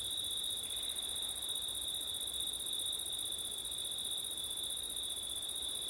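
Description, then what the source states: Cricket chorus of constant high trills, evenly sustained for the whole stretch, with faint low rumbling noise underneath. Crickets singing on a September night, with wind; labelled ortif.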